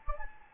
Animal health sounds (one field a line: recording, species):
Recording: mosquito wingbeat signal from an infrared sensor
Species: Anopheles gambiae